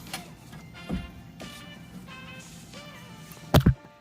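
A polyurethane shifter selector bushing is pressed into the shifter selector arm of a BMW E36 M3. Over a steady tonal background hum with a few soft knocks, a sharp snap at 3.6 s is followed by a second hit at 3.7 s. The bushing is seated in place.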